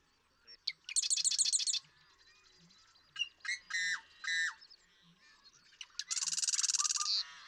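Marsh Wren song: a quick series of sharp notes, then separate scratchy phrases, ending in a long, dense, harsh rattle, with faint low notes underneath.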